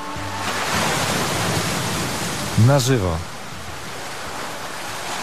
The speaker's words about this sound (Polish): Prosto z Darłówka. Fale Bałtyku.